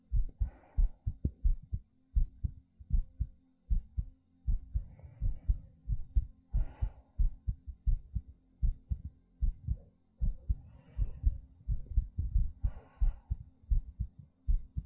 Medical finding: ASMR Heartbeat Breathing.